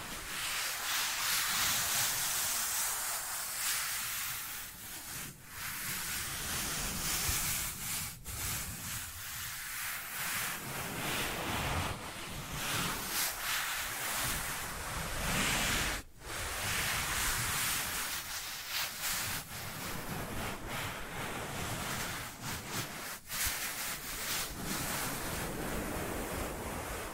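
Dry hands rub and brush against each other in a steady, dense friction that fills the whole recording with a rough, hissing texture. The sound swells and eases irregularly, with brief dips near 5, 8, 16 and 23 seconds, and never fully stops.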